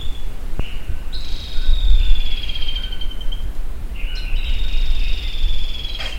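Bird giving long level whistled notes, two drawn-out phrases with a click near the start, over steady low-frequency noise.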